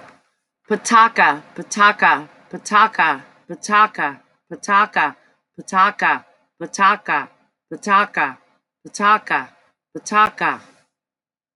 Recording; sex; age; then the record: repeated syllables /pa ta ka/; female; 50 to 59 years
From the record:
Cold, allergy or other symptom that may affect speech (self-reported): no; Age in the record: 58 years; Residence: Alabama, United States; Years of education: 14